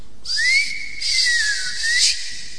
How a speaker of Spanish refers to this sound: Pero qué lindo, además, que hubiera una serenidad tal en la noche que a usted lo pudieran llamar silbando. Antes muchos novios, un poco machistas hay que conceder, llamaban a su novia con chiflidos.